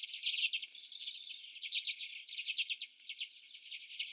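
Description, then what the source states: Common redpolls chattering, with fast clipped notes and one short buzzy note early, calls overlapping continuously. Several birds.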